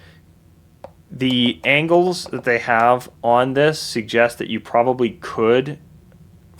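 A speed feed is fitted onto a Spire IR2 paintball loader, and once the lid latch tab is pressed in, a single short click sounds at 0.8 s as it latches on, since pressing straight down alone does not seat it. Someone then talks over a quiet background. The speed feed is seated.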